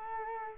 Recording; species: mosquito wingbeat signal from an infrared sensor; Culex quinquefasciatus